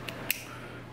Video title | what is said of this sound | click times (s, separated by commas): MEGA VLOG 469: new years day in the garage- BUSY! | we go and then this will just snap into place once it gets down there there | 0.3 s